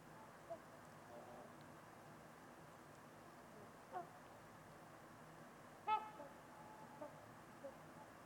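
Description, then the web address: Trumpeter swan giving a few faint honks, then one clear brassy trumpeting call followed by softer notes, over a quiet hiss. Trumpeter swans on a winter evening at Winters Lake in a deep, silent valley with distant white noise. "Trumpeter Swans on a Winter's Eve. Wind Is the Original Radio. Winters-Lake-with-Swan"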